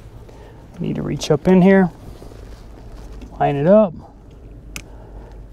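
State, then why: Seated. During a 2006-2008 Dodge Ram truck lower seat cushion and cover replacement, the power seat electrical connector is reached up under the seat, lined up and slid into its mating connector, with a red secondary lock pressed afterwards. Someone talks, then a sharp, brief click is heard at 4.8 s as the connector clicks in and seats.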